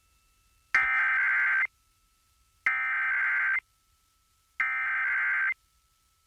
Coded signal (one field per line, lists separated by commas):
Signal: Emergency Alert System (SAME) tones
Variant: header bursts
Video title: [EAS #2011-#2017] The Final Set of Tests of 2022 (12/27/22 - 12/31/22)